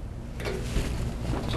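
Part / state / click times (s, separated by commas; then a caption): bag adapter into central vacuum unit intake / not seated / none. A closed-bag conversion adapter is handled at the intake of a central vacuum unit, being pushed through toward the point where it snaps into place. A low, steady rumble runs throughout, with a brief rustling scrape at about 0.4 s and a few duller knocks later. Nothing has seated or clicked yet.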